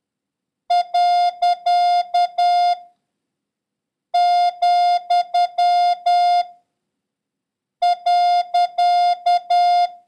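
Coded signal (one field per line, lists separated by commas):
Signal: Morse code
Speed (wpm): 10 wpm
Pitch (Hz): 710 Hz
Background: none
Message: . , .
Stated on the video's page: Morse lesson 10 introducing 6, comma, slash, and question mark, with a random run drill.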